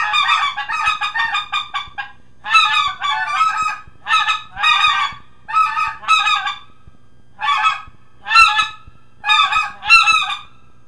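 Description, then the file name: Greater white-fronted goose giving high, laughing yelps in short bursts, with brief pauses between bursts. "Speckle"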